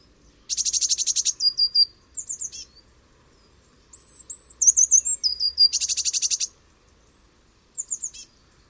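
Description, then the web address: Eurasian blue tit calling: rapid buzzy churring rattles, two long churrs about five seconds apart, with thin high notes and short trilled notes between. "cianscape. Deverinetal"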